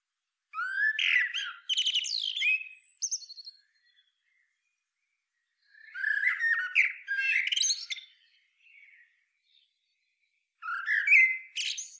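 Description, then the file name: Eurasian blackbird delivering three separate song phrases, each opening with rich fluted whistles and breaking into high, scratchy twittering, with silent gaps between. "Turdus merula"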